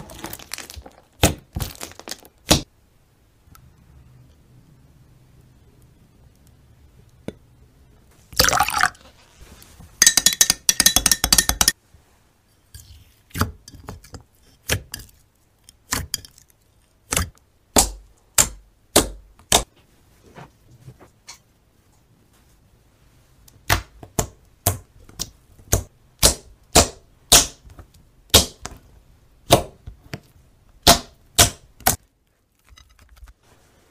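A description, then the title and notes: Satisfying slime ASMR built from sharp, crisp pops and snaps that come in irregular bursts, with a dense crackling stretch around eight to twelve seconds. Later the pops settle into a steadier, evenly spaced rhythm of bright clicks, with a low hum underneath at times. Satisfying slime ASMR.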